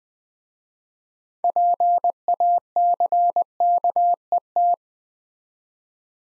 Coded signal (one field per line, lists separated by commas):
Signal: Morse code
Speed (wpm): 20 wpm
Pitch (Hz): 700 Hz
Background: none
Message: PACKET